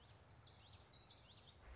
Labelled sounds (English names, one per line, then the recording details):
Common Yellowthroat
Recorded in Sonoma County, California